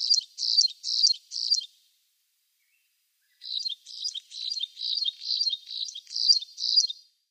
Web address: Schulze Peter Graceful Prinia song